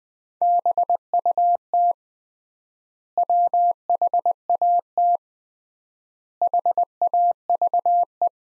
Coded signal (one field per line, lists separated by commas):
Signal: Morse code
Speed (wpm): 21 wpm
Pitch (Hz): 700 Hz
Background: none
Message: BUT WHAT HAVE